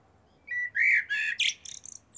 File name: Turdus merula